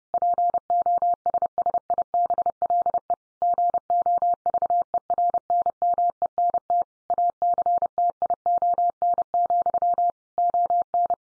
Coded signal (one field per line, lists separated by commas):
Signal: Morse code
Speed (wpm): 30 wpm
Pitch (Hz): 700 Hz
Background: none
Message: POSSIBLE GOVERNMENT ACTION, ON